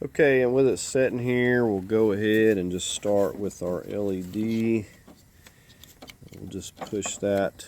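Someone talks while a headlight wiring harness connector is handled against the base of a replacement LED headlight bulb on a 2004-2006 Dodge Durango. A few faint, sharp handling taps are heard between about 5.5 and 6.3 s. Nothing has seated or clicked yet.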